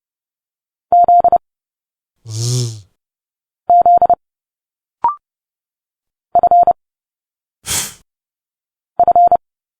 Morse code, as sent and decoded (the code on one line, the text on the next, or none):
--.. / --.. / ..-. / ..-.
Z Z F F